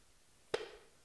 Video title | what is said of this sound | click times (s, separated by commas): 74. Arca Swiss F-Metric Field w/MicroOrbix | And it snaps right in. | 0.5 s